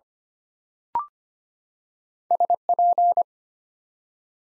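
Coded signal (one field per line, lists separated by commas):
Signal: Morse code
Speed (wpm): 25 wpm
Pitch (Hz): 700 Hz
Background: none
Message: SP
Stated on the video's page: Morse practice drill at 25 wpm, building 4-letter words two letters at a time for instant character recognition.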